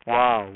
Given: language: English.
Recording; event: throat vibration sensor signal played as sound; speech